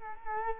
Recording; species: mosquito wingbeat signal from an infrared sensor; Culex quinquefasciatus